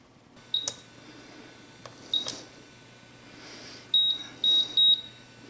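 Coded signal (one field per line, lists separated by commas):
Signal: beep code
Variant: OpenDRO edge monitor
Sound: three short high beeps in quick succession after a few clicks and faint blips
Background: mechanical clicks, room hum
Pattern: 3 short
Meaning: Two edges were sensed within the overlap of the beep period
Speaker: The 3 beeps were because 2 edges were sensed concurrently, or not exactly concurrently, but in the overlap of the beep period.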